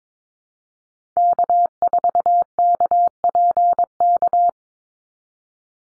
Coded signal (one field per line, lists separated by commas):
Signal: Morse code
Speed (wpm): 22 wpm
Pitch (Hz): 700 Hz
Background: none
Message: K4KPK